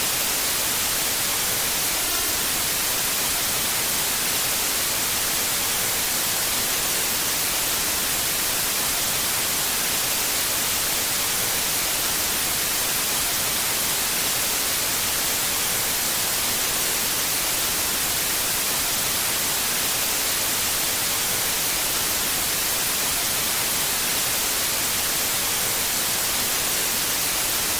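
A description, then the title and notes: TV static hisses steadily for the whole stretch, a dense, even wash of noise weighted toward the bright, airy top with little low rumble. It never changes in level or texture, apart from a faint flicker near the start. House Noises: TV Static.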